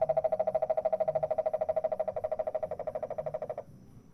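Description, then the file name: Cane toad call: a steady, low pulsed trill of fast even beats, stopping abruptly near the end. San Jose, Costa Rica, 17 July 2017. "Cane Toads San Jose CR"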